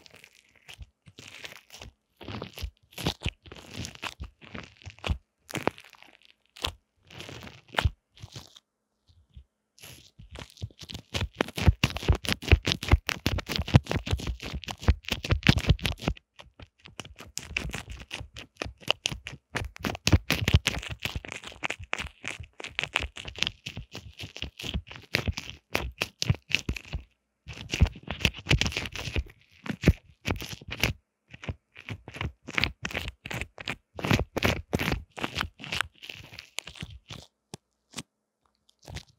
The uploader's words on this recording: SamsungAKG耳機.強烈刺痛感受. Intense Earphone Mic Tingles | No Talking.